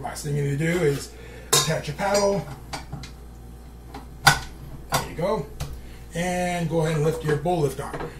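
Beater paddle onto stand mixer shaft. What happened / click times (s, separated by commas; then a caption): The mixer paddle locked onto its shaft / 4.3 s. Someone talks while a metal flat beater paddle is pushed up onto a KitchenAid stand mixer's beater shaft and turned to lock. A sharp metallic click at 4.3 s marks the paddle seating on the shaft pin. The paddle is locked in place.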